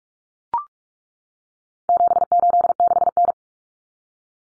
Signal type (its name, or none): Morse code